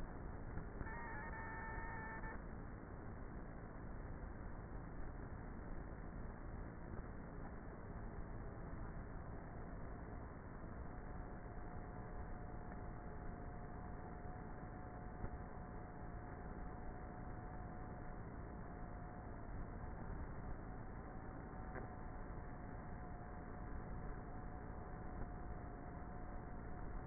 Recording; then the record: honeybee colony, microphone inside the hive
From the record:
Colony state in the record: queenless with a low population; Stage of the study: before two queens were removed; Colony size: about 30,000 bees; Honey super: no